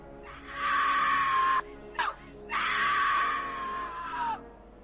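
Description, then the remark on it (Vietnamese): Two long, piercing screams with a brief gasping break between them, each held at a steady high pitch before trailing off, loud and anguished with no talking; wailing from a twisted face appearing in a hazy ring of light in a palm. “lòng bàn tay đột nhiên xuất hiện một vòng sáng mông lung, trong đó hé ra một khuôn mặt vặn vẹo, toét miệng phát ra từng tiếng kêu gào thê thảm.”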